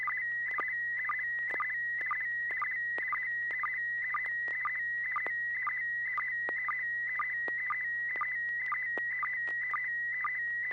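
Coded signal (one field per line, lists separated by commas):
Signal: SSTV (slow-scan television)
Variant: PD120 mode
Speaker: well I didn't expect to be first but let's give this a shot this should be PD 120 if everything works right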